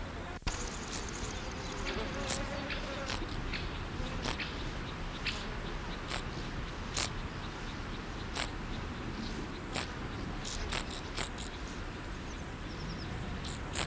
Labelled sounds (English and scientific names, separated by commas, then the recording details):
Field Grasshopper (Chorthippus brunneus) stridulation
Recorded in the wild
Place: Blankenfelde, Berlin, DE
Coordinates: 52.625, 13.404
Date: 1992-07-19 11:40
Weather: wolkig - sonnig, 22°C, Wind
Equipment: Marantz CP 430, Sennheiser ME 80, Kopie Tesla B 116
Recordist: Tembrock, Günter